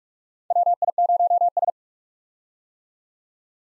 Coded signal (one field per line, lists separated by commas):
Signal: Morse code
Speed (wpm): 44 wpm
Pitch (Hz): 700 Hz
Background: none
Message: WI0S